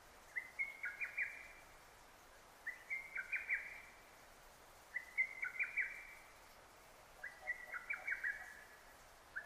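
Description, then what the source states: Lesser cuckoo: four rapid, choppy phrases, each a burst of sharp notes, spaced a little over two seconds apart. Recorded 6 June 2009; Japanese name hototogisu.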